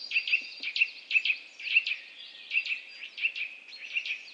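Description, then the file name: Eurasian nuthatch call series: clear, sharp high notes repeated rapidly throughout. "Sitta europaea"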